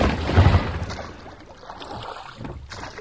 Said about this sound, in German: Bald flog ihnen eine Kugel nach der anderen hinterher und klatschte knapp hinter ihrem Boot ins Meer.